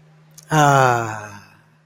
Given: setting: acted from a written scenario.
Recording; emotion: vocal sound without words; serenity